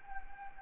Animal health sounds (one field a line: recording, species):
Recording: mosquito wingbeat signal from an infrared sensor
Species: Anopheles gambiae